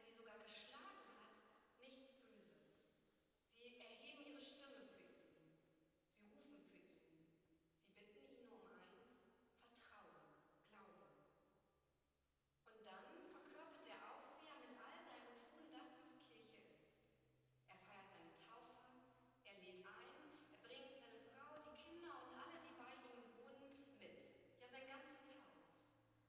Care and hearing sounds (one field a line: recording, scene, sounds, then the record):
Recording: everyday scene through a hearing-aid microphone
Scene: reverberant space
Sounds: speech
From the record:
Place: church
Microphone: in the ear canal, right